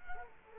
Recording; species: mosquito wingbeat signal from an infrared sensor; Culex quinquefasciatus